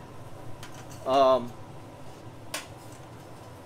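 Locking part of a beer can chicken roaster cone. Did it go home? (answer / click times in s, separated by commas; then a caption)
yes / 2.5 s. Someone talks briefly while a chicken is fitted onto a cone-shaped beer can chicken roaster holder. At 2.5 s, a locking part of the cone snaps into its locked position with a sharp click, and the holder is locked in place.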